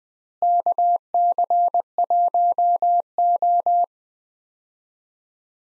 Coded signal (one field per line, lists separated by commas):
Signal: Morse code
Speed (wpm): 20 wpm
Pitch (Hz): 700 Hz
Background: none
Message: KC1O